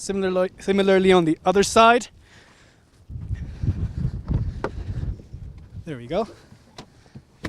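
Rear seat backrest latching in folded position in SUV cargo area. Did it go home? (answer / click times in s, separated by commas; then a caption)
yes / 6.8 s, 7.4 s. In the cargo area of an Audi Q8 SUV, the rear seat backrests are folded down flat into the loading bay, and someone talks before and after. A low rumbling fold and knocks follow, and the backrest latches into its folded position with clicks at 6.8 s and 7.5 s.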